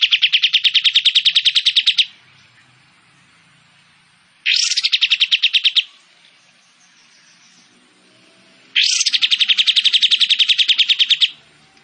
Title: KAPAS TEMBAK GACOR TEMBAKAN DAN BESETAN PANJANG AUDIO KERNIH COCOK UNTUK MASTERAN MURAI BATU